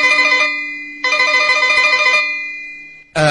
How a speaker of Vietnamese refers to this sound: vừa ngồi xuống ghế thì chuông điện thoại reo vang.